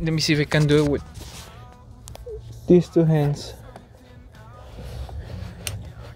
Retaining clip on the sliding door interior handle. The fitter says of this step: i can hear click